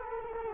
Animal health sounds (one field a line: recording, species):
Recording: mosquito wingbeat signal from an infrared sensor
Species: Culex quinquefasciatus